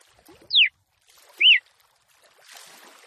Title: CANTO DA FÊ MEA GALO CAMPINA FOGOSA LEVANTA FOGOESQUENTA GALO CAMPINA MACHO RAPIDINHO FÊ MEA NERVOSA